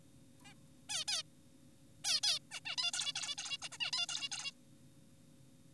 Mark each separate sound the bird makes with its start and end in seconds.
0.45-0.54, 0.90-1.04, 1.08-1.23, 2.04-2.20, 2.24-2.39, 2.51-2.60, 2.66-2.76, 2.78-2.91, 2.94-3.13, 3.16-3.35, 3.38-3.58, 3.62-3.69, 3.72-3.78, 3.80-3.91, 3.93-4.06, 4.09-4.29, 4.32-4.51